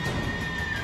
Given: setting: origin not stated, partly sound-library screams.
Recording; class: one-second piece from a danger detection set; woman in danger